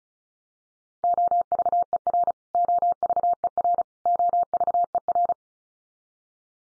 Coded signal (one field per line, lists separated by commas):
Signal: Morse code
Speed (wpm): 34 wpm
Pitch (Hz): 700 Hz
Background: none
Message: OVER OVER OVER